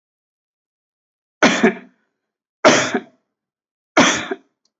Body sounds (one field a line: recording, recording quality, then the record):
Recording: heavy voluntary cough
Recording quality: excellent, no background noise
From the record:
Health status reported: healthy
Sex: male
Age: 64 years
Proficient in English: yes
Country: India